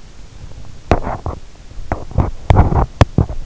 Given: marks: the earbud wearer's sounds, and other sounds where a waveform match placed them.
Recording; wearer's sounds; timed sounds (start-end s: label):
sounds in sleep by an in-ear microphone; teeth grinding
0.72-3.37 s: teeth grinding